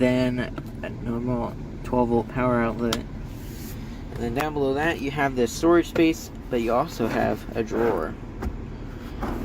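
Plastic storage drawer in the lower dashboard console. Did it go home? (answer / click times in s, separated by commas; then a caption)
no / none. Someone talks while handling the plastic storage drawer in the lower dashboard console of a 2023 Honda Odyssey Touring, a drawer that locks into place at the end of its travel. Faint handling noises sit under the voice and a steady low hum. The drawer has not yet locked or clicked by the end of the clip.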